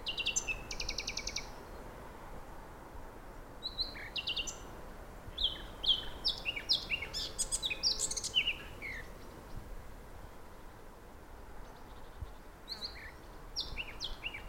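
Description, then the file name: Eurasian blackcap singing scratchy, warbled phrases of rapid chirps and clear whistled notes, in bursts separated by short pauses, over a steady low rumble. "Sylvia atricapilla"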